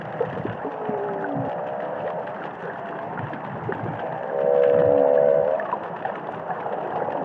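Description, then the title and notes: Humpback whale song underwater: wavering tonal moans and low sweeps, then a loud harmonic mid-pitched held note lasting about a second, over steady watery hiss. Humpback whales singing and calling, recorded underwater in the Indian Ocean. "Whale Song is a collection of underwater recordings of humpback whales"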